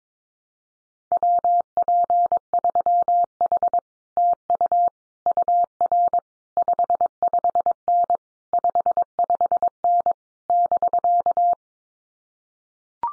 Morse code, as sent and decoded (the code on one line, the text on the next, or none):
.-- .--. ...-- .... / - ..- / ..- .-. / ..... ..... -. / ..... ..... -. / -...-.-
WP3H TU UR 55N 55N <BK>